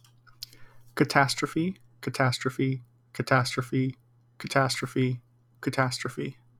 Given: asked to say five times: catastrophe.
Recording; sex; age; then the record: repeated word; male; 20 to 29 years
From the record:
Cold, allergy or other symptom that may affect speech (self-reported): no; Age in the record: 28 years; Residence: Florida, United States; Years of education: 15